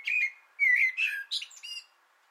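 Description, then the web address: Common blackbird giving a single short phrase of rich, melodious whistles that finishes in a squeaky flourish. Sung from an antenna, 6 June 2025. "sammel Naturinspelningar Koltrast på antennen 2025 06 06"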